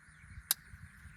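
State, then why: Seated. Someone leans on an animal trap to set its trigger mechanism. Over a quiet, steady background hum, one sharp, brief click sounds at 0.5 s as the trigger latch snaps into its set position, and the trap is now set.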